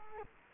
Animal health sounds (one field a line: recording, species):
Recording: mosquito wingbeat signal from an infrared sensor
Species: Culex quinquefasciatus